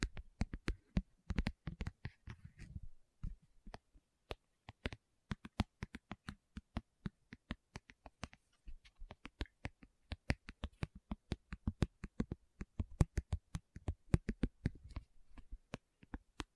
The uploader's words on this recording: Tapping Session (No Talking).